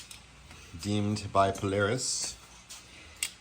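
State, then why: Torque reached. A click-type torque wrench tightens a cylinder head bolt to 64 ft-lb, in a pattern specified by Polaris, during a top-end rebuild of a Polaris RZR 800 UTV engine. Someone talks, and the wrench gives a sharp click at 3.2 s. Afterwards it doesn't feel right, with worry about crushing the head gasket.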